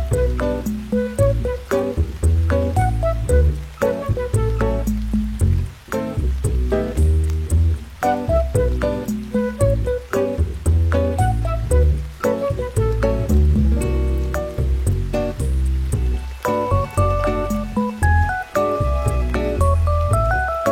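Music with a steady, quick beat of sharp hits over a heavy, booming bass line that pulses throughout. Layered melodic notes ring out in the middle, and near the end a brighter line climbs upward. The level stays loud and full the whole way.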